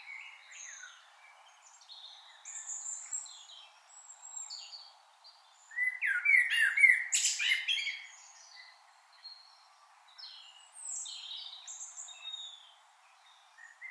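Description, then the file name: Common blackbird delivering a loud mellow warble that breaks into squeaky high notes midway, surrounded by softer chirping. "Turdus merula"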